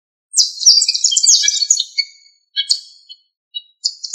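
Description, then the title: Bird twittering in a high, fast tumble of chirps for about two seconds, followed by a few short separate chirps. "LuckyPassaros CompletosSama"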